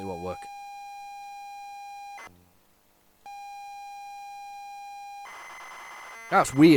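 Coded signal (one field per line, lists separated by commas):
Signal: ZX Spectrum tape loading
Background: speech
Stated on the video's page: Loading from an unknown ZX Spectrum cassette tape, with possible tape errors.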